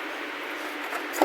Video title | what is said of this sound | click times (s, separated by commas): Installing HID Kit Xenon Conversion BMW 1 Series E88 E87 E82 E81 (Over 3x Brighter Lights) | so people it's now all secure it's now locked on | 1.2 s